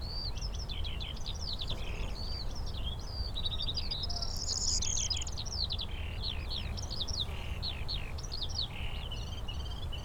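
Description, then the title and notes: Eurasian skylark song, a continuous stream of rapid, high warbling and trilled notes without pause, over a steady low rumble of background noise. Several skylarks singing in fields beside St. Isidore's wayside shrine, Sosna Góra, Siemianowice Śląskie, Poland, Saturday 18 May 2019; recorded with Zoom H5, Audio-Technica BP4025. "Unnamed Road, Siemianowice Śląskie, Polska - skowronek przy kapliczce św. Izydora. Sobota, 18 maja 2019. Wśród pól znajduje się kapliczka świętego Izydora na Sosnej Górze. W polu śpiewają skowronki i brzęczą owady. W tle słychać strzelnicę. Nagrania terenowe Siemianowic Śląskich - Dźwiękowy Portret Miasta"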